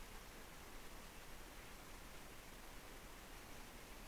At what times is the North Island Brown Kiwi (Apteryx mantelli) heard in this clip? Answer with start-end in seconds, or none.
none